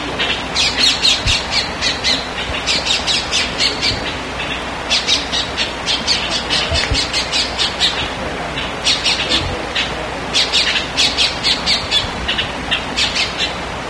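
Bird squawks, harsh and scratchy, delivered in rapid clustered series separated by short pauses, with occasional soft low knocks underneath.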